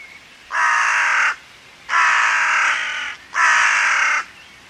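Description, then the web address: Bird giving three long, harsh, drawn-out cawing calls, each lasting about a second, separated by short pauses, with a faint background hiss. "cianscape. Deverinetal 2025. Bird Only"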